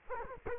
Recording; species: mosquito wingbeat signal from an infrared sensor; Culex quinquefasciatus